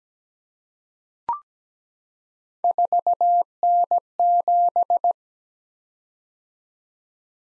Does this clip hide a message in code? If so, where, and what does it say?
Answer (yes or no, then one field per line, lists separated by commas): yes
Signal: Morse code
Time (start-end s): 2.6-5.1 s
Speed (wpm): 17 wpm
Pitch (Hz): 700 Hz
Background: none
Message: 4N7